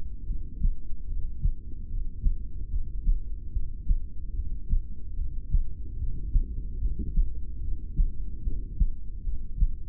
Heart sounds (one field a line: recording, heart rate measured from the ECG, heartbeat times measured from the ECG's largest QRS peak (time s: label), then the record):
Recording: heart sounds by stethoscope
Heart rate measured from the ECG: 74 bpm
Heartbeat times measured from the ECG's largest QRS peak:
0.22 s: heartbeat
1.03 s: heartbeat
1.85 s: heartbeat
2.66 s: heartbeat
3.48 s: heartbeat
4.30 s: heartbeat
5.12 s: heartbeat
5.94 s: heartbeat
6.76 s: heartbeat
7.57 s: heartbeat
8.38 s: heartbeat
9.19 s: heartbeat
From the record:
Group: heart failure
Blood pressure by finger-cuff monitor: 88/58 mmHg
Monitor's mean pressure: 71 mmHg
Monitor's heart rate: 74 bpm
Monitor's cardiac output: 6.4 L/min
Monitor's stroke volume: 87 mL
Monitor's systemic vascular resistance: 790 dyn s/cm5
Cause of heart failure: ischemic heart disease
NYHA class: 2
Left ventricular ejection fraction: 28%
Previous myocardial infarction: present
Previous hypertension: present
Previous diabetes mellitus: present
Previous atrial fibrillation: present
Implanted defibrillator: present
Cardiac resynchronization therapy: present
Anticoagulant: apixaban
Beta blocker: bisoprolol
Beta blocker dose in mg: 10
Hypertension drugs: sacubitril-valsartan, spironolactone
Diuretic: furosemide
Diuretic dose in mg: 20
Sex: male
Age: 62 years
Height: 178 cm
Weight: 88.3 kg